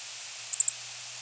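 Dark-eyed junco calls: three brief, very high chip notes in quick succession, heard over a steady hiss.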